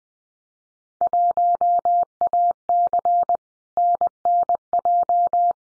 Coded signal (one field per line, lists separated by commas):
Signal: Morse code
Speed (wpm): 20 wpm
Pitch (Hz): 700 Hz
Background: none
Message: 1AC NNJ